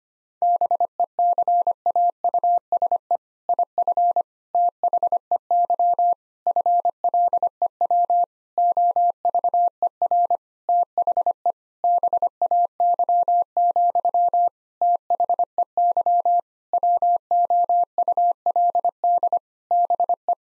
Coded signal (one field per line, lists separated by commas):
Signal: Morse code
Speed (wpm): 25 wpm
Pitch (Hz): 700 Hz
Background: none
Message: BECAUSE IF THEY FLEW OVER THE BAY, THEY WOULD BE